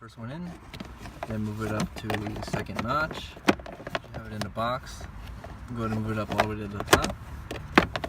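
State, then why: Seated. A cabin air filter holder on a 1998–2002 Honda Accord is pushed all the way up into the HVAC housing behind the glove box while someone talks. A sharp click at 7.8 s marks its plastic tab locking into place, and the holder is seated.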